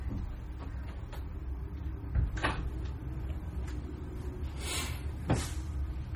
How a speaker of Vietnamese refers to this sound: Tôi xin phép đóng cái cửa.